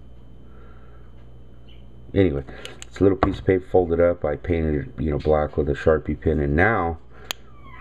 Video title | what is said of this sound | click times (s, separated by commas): mini dejavoo-bench made | you hear that little click. | 7.3 s